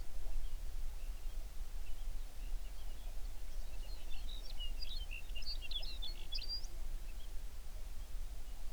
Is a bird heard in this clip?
yes